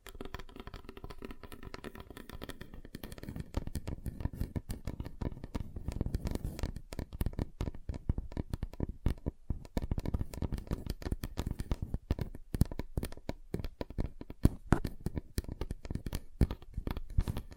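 Fingers tap on a table, striking different surfaces in quick, uneven bursts. The taps are soft and dull at first, then grow denser and louder from about four seconds on, with sharper, brighter hits scattered through the second half.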